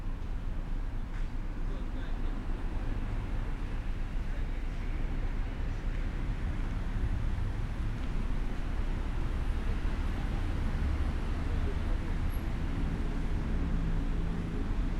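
A walk through the historic city of Bath, filled with a steady, dense low rumble of traffic and vehicles that holds level for the whole stretch. Murmured voices mix into the wash, with a few faint brighter clicks and taps scattered throughout.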